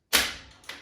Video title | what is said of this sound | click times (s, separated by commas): Apple Mac Pro Rack - RACK NIGHTMARE | it unlatches. | 0.7 s